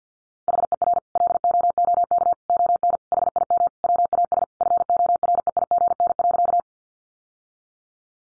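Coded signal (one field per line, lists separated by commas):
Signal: Morse code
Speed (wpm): 50 wpm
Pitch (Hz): 700 Hz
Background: none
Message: HER LOOK ON HIM WAS FOREIGN.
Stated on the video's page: Morse code head-copy practice of sentences from the top 1400 words at 50 wpm, sent before and after speech.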